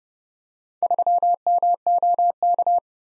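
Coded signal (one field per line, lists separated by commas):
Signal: Morse code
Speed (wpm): 28 wpm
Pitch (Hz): 700 Hz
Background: none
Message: 3MOK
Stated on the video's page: Head-copy drill of random four-character letter-number groups at 30 wpm; each group sent in Morse, then spoken, then sent again in Morse.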